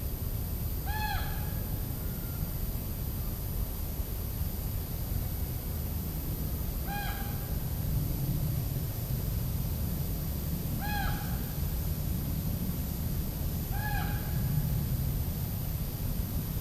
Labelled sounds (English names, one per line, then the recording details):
Common Raven call
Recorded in captivity
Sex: group
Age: diverse
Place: Tegeler See, Berlin, DE
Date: 2005-08-19 16:42
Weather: cloudy, 23°C
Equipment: Panasonic RQ-2102, Sennheiser ME 80, Kopie Uher 4000 Report Monitor
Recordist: Tembrock, Günter